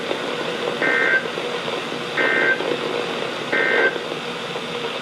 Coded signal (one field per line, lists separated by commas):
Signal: Emergency Alert System (SAME) tones